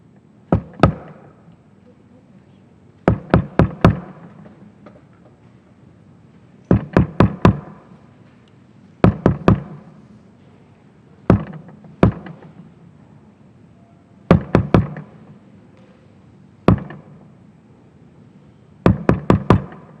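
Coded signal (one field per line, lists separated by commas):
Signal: tap code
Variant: POW 5x5 tap code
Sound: crisp knocks on a hard surface in short groups with pauses between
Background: room ambience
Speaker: I want to close by using the TAP code, the way Sam and his fellow prisoners used to communicate without talking. It's a 5x5 matrix, 25 letters. It omits the K.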